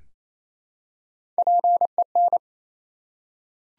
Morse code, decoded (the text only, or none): PEN